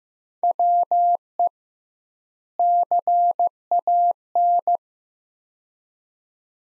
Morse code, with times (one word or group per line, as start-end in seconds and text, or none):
0.4-1.5 WE
2.6-4.8 CAN